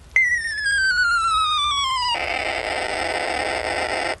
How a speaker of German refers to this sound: Die Zeugin glaubte, eines dieser Computerspiele gehört zu haben, ehe der Schuss fiel. In Wirklichkeit war es die Uhr. Die Uhr, die ihr Mann immer trug. Ein Unikat. Keine andere Uhr gab so idiotische Töne von sich, wenn die Stunde voll war.